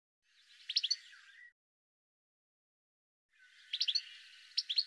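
Bird giving faint, high chirps in two brief clusters, a few sharper notes standing out, with silence between.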